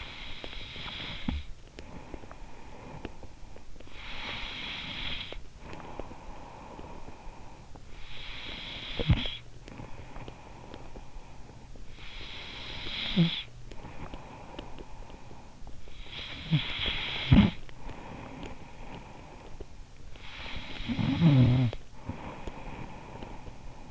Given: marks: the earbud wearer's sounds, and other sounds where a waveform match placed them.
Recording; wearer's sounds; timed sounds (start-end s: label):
sounds in sleep by an in-ear microphone; snoring breath, breath
0.00-3.93 s: snoring breath
3.93-8.05 s: breath
8.05-23.91 s: snoring breath